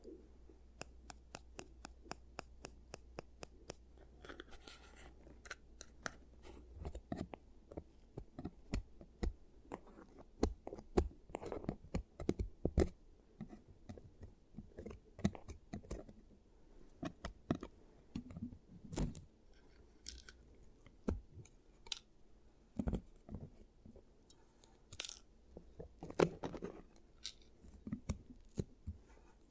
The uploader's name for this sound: ASMR Giant Teeth Treatment, Fixing Your Cavities